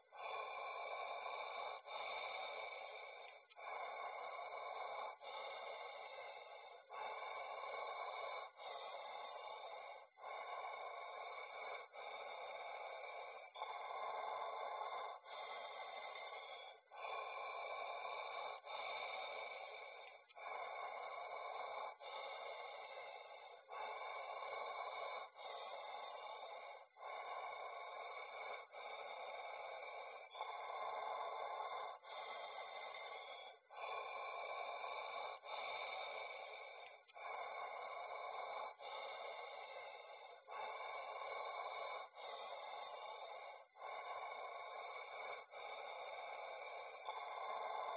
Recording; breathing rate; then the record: paced breathing near a phone; 18 breaths a minute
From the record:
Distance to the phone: 40 cm